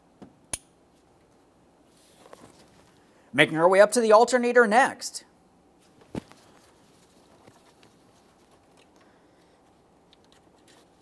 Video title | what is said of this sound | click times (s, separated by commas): How to Replace Engine Knock Sensor 2014-2018 Mazda 3 2.0L L4 | We'll take that electrical connector and press it in. Listen for a click. | 0.5 s